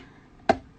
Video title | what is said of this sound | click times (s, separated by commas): Litra Creative Corner with Dru Williams Ep. 2 | Convenient. Snaps right in. Ready to go. | 0.5 s